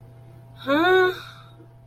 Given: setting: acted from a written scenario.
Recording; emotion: vocal sound without words; confusion